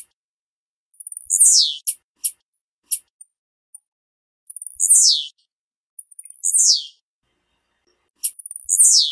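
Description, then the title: Blue-black grassquit calls: very high, thin notes sweeping steeply downward, repeated four times at irregular intervals, each led by a few short ticks, with several sharp clicks after the first. Female. "Piado De Fêmea De Tiziu"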